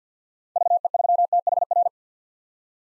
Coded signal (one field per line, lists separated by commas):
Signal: Morse code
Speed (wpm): 50 wpm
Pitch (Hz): 700 Hz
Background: none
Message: VE3THR